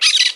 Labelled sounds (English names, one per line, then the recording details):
Brown-throated Parakeet contact call
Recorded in Margarita
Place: San Francisco, near stadium
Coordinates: 11.018, -64.294